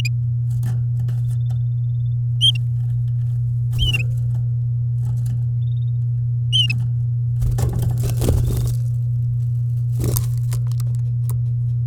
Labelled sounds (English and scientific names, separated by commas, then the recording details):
Domestic Canary (Serinus canaria) song
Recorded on 8 May 2018 at 09:24
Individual llb16